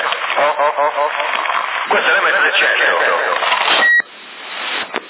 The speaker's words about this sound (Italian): No, aspetta, io ho questa è l'amplificazione, questo è modificato il microfono, senti, aspetta, si sente.